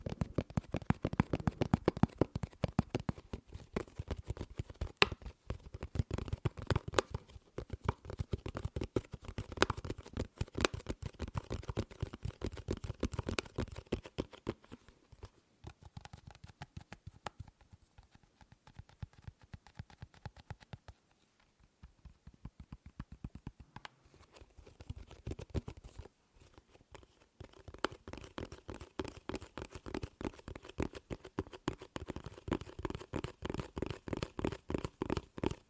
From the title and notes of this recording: ASMR Fast & Slow Tapping on 6 Objects No Talking.